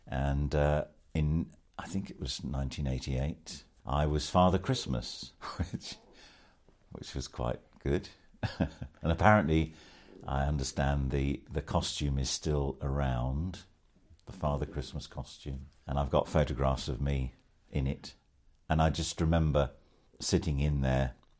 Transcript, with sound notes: And I think it was in 1988, I was Father Christmas (laughs) which was quite good, and apparently I understand the costume is still around, the Father Christmas costume, and I’ve got photographs of me in it, and I just remember sitting in there